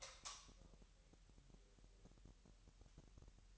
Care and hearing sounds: daily activity, microphone in the room; light on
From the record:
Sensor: 3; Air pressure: 1001.9 hPa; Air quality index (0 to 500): 245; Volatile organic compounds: 47 ppm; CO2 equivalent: 3250 ppm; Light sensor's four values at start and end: 6/13/5/5 and 11/29/12/12

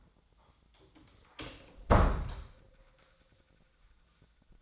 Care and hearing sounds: daily activity, microphone in the room; close door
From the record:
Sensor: 3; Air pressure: 1009.2 hPa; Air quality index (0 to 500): 194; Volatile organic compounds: 4 ppm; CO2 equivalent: 1566 ppm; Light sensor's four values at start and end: 47/124/53/54 and 46/122/53/53

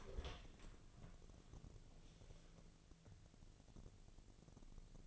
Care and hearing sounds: daily activity, microphone in the room; open door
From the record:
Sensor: 4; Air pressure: 1001.2 hPa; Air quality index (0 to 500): 185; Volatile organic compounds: 3 ppm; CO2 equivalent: 1320 ppm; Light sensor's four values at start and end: 17/39/16/16 and 15/35/14/15

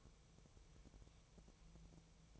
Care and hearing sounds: daily activity, microphone in the room; take from stove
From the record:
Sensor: 1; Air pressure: 999.4 hPa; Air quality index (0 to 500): 198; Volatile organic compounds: 39 ppm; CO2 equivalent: 3138 ppm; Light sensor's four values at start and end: 9/22/8/9 and 9/22/8/9

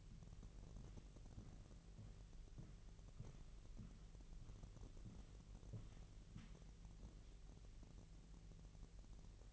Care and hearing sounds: daily activity, microphone in the room; walk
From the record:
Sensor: 4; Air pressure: 1003.0 hPa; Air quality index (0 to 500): 246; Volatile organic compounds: 26 ppm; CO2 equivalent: 2861 ppm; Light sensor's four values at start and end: 8/17/7/7 and 8/17/7/7

